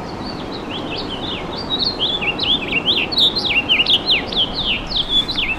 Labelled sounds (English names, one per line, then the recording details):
House Finch song
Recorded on Long Island, New York, on 10 June 2012
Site GW
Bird C